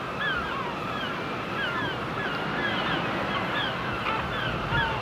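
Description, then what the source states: Gulls calling repeatedly, with short downslurred cries scattered throughout over a steady wash of surf. Gulls on the shore.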